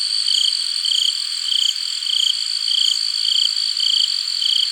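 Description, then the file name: Crickets chirping: a high pulsed trill repeated regularly over a steady, dense high-pitched insect drone. "Crickets - Hard"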